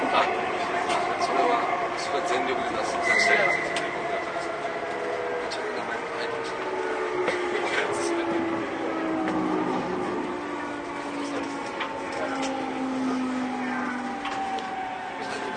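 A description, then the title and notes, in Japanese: A JR 209-series train running between Akihabara and Shinjuku, its motor whine sliding steadily downward as it slows over a constant, dense rumble. Scattered clicks and knocks from the wheels and car body come through, with a brief high tone near three seconds. JR209系 秋葉原〜新宿。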